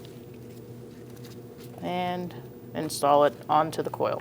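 A new spark plug wire's rubber boot is handled near the ignition coil tower of a 2000–2006 Mini Cooper 1.6L L4 while someone talks over a steady low hum. The clip ends before the boot is pushed home onto the coil terminal, so nothing has seated or clicked yet.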